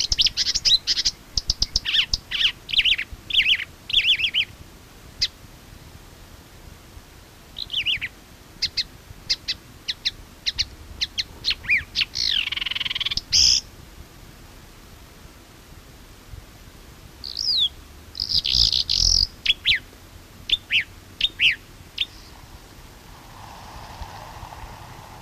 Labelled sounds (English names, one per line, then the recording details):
Marsh Warbler song
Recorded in the wild
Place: Schweinsberg, DE
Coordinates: 50.765, 8.9675
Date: 1964-05-25 00:00
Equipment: Uher Report 4000, AKG D190
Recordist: Krey, Winfried
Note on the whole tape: Gesang